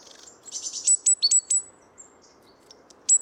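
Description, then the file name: Great tit calls: a brief buzzy chatter leads into a run of sharp, high, descending notes, with one last note at the close. "Parus major"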